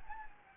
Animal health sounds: mosquito wingbeat signal from an infrared sensor; Anopheles gambiae

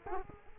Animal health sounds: mosquito wingbeat signal from an infrared sensor; Culex quinquefasciatus

